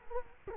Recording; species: mosquito wingbeat signal from an infrared sensor; Culex quinquefasciatus